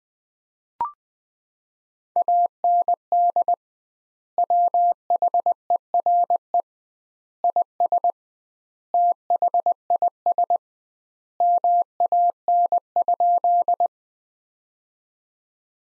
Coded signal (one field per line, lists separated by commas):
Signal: Morse code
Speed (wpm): 21 wpm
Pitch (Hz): 700 Hz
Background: none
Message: AND WHERE IS THIS MAN?